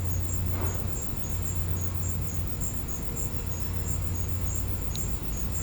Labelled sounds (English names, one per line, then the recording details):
none
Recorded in pastures near Puerto Asís, Putumayo, Colombia, on 20 December 2024 at 16:00
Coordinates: 0.505, -76.324
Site G063